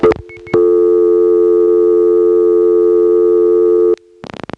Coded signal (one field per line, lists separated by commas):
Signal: telephone call progress tone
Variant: North America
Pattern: dial tone